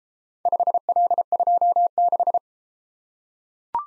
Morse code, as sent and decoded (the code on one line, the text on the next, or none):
..... .-.. ..--- -....
5L26